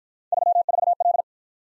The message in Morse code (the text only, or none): 34L